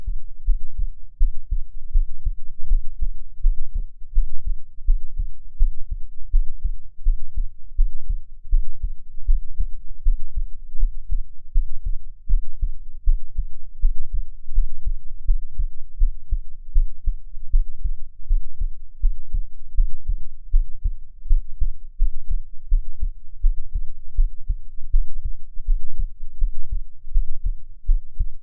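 Deep, muffled, throbbing pulses repeat steadily at about 82 per minute throughout, with only low-pitched sound: the heartbeat of an adult human picked up by ultrasound, a regular rhythm at an ordinary rate.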